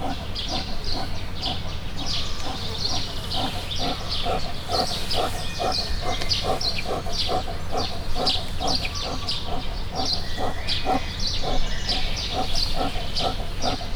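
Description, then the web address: Brown bear panting in a steady run of many rough, breathy pulses over a low steady hum. Captive bear recorded at a zoo in Miskolc, Hungary, in 2018. "miskolcizoo 2018 professzionalis barna medve lihegakoma miskolczoo"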